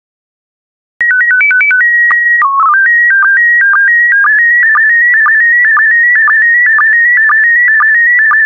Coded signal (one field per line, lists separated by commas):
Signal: SSTV (slow-scan television)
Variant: PD 120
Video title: 174083 Rural France SSTV PD120